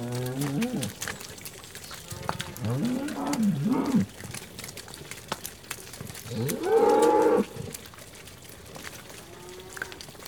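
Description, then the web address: Cows mooing: several low, drawn-out moos, one louder than the rest, over the squelching and shuffling of hooves in mud. Cows walking in mud; livestock. "The BBC Sound Effects Library. Cows Walking in Mud"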